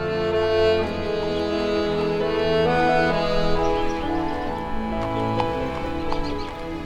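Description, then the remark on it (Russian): A horse's hooves clip-clop in a loose, uneven rhythm as it is ridden about a kilometre out of town, sharp clicks rising out of a steady bed of sustained tonal sound, with no one speaking. “Выехав около километра за город, Анна остановила лошадь под большим деревом каштана.”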